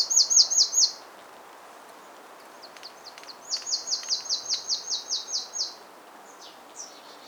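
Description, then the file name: Marsh tit giving quick bursts of high, sliding notes: a brief opening flurry, then a steady train of about ten downslurred calls, with faint calls between. "Poecile palustris"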